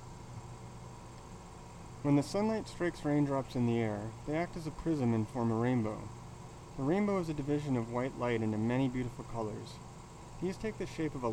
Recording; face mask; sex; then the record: reading aloud; surgical mask; male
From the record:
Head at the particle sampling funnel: tilted down, bridge of the nose in front of it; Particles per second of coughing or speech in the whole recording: 0.515